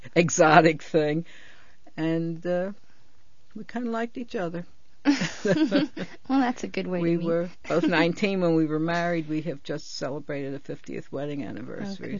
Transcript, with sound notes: exotic thing. And we kind of liked each other.
( she laughs ) Well, that's a good way to meet.
We were both nineteen when we were married. We had just celebrated a fiftieth wedding anniversary, so.